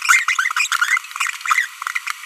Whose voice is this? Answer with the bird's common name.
Green-rumped Parrotlet